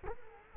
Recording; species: mosquito wingbeat signal from an infrared sensor; Culex quinquefasciatus